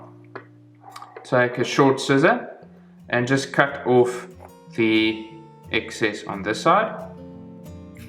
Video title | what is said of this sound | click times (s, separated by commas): How To Tie a CDC & Elk Fly (Step-By-Step Guide) | or the base of the feather in as well and then you heard that click so now take | 0.4 s